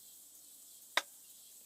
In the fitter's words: So we heard a click,